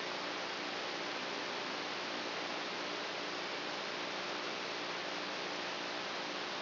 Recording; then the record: brain microelectrode recording played as sound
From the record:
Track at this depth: outside the subthalamic nucleus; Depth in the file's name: -0.909 mm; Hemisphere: right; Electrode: 3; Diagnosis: Parkinson's disease